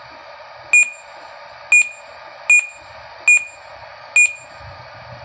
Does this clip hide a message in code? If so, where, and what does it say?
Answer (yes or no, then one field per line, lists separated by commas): no